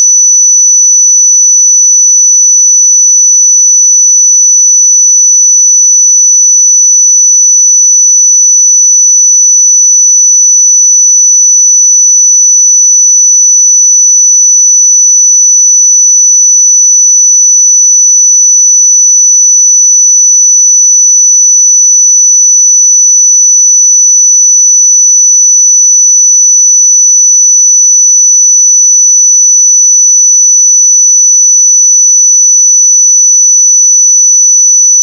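A pure sine tone at 5964 Hz holds perfectly steady and bright for the full duration, with no breaks, wavering or background sound.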